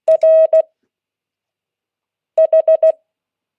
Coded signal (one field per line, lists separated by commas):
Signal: Morse code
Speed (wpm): 16 wpm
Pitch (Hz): 640 Hz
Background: none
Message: RH